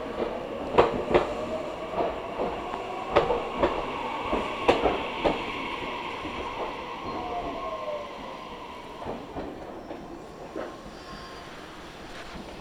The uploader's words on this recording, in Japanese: ガタンゴトンの旅。名古屋鉄道犬山・広見線 江南→布袋→新可児。